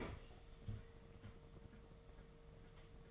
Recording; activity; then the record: daily activity, microphone in the room; open fridge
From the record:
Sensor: 4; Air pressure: 1015.7 hPa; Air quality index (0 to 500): 185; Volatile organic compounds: 9 ppm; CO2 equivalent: 2134 ppm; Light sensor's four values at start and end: 11/26/11/11 and 9/20/8/9